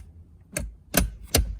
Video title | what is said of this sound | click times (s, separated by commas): Jeep JL3001 Insane audio head unit install | And you'll hear it click, | 1.0 s, 1.4 s